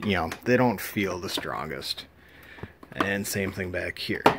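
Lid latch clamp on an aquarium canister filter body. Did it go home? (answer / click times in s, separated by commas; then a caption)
no / none. Someone talks while handling the rear plastic lid latch clamp on the filter head of a Sunsun 704B aquarium canister filter, after the front one, noting that these latches catch a little oddly and don't feel the strongest. A brief sharp knock is heard around 2.6 s in a pause between the talking. Nothing has seated or clicked shut yet.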